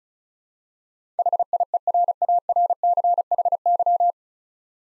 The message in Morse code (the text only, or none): HIERARCHY